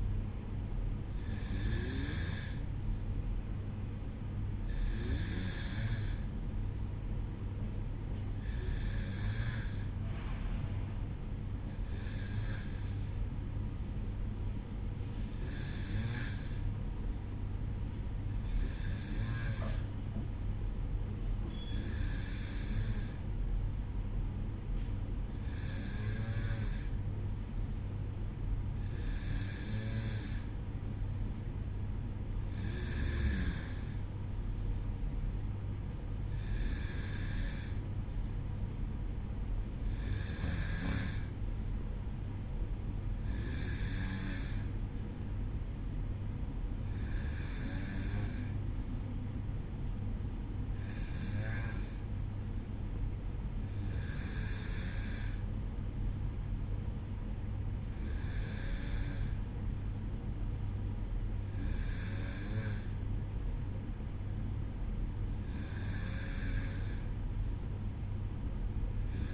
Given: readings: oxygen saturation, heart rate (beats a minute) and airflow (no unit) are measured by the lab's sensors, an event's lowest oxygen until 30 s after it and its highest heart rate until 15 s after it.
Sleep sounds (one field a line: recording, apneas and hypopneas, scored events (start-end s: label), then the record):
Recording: breathing in sleep by a smartphone at the bedside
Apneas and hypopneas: none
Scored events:
none scored
From the record:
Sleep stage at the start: N1 (lightest sleep)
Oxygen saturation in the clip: 93 to 94%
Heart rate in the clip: 53 to 56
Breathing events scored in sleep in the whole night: 305 in 9.6 hours asleep